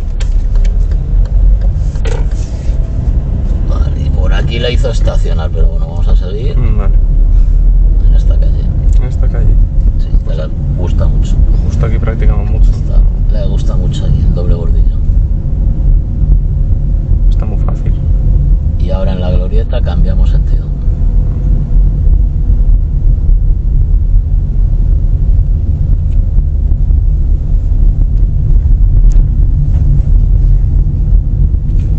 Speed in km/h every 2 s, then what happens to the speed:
10, 19, 18, 20, 23, 25, 27, 26, 23, 22, 22, 20, 17, 18, 19, 22.
0-2 speeds up to 19. 5-9 speeds up to 25. 9-14 steady at about 26. 14-24 slows to 17. 24-32 steady at about 18.